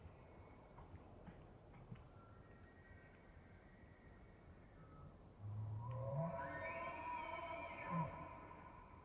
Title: Elk Bull Aggressive Challenges With Distant Antler Clashing